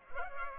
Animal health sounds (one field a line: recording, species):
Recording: mosquito wingbeat signal from an infrared sensor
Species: Culex pipiens